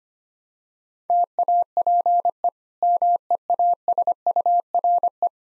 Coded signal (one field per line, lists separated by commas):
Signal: Morse code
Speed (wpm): 25 wpm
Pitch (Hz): 700 Hz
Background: none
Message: TAPE MEASURE